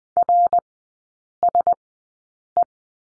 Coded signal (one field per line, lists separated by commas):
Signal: Morse code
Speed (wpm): 19 wpm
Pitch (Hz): 700 Hz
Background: none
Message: RSE